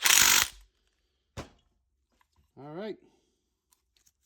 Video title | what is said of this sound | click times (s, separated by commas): Troy Bilt TB35EC Weed Eater Won’t Run | Once you hear that clicking noise, now you know it's been torqued to factory spec. | 0.1 s, 0.2 s